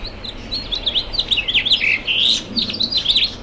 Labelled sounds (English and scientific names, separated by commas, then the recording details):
House Finch (Haemorhous mexicanus) song
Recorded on Long Island, New York, on 23 June 2011
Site IT
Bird A